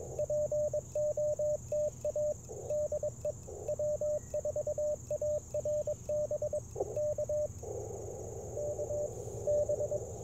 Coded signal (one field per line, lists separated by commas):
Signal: Morse code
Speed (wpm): 22 wpm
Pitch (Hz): 590 Hz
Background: radio noise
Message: POTA DE W4ARB K K B